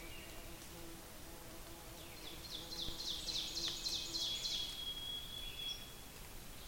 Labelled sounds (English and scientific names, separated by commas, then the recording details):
Ovenbird (Seiurus aurocapilla) song
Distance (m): 85 m
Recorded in boreal forest in Alberta, Canada, on 5 June 2016 at 06:24
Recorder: SongMeter 3, array SBT-3-51
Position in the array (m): 244 m, 132 m
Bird 28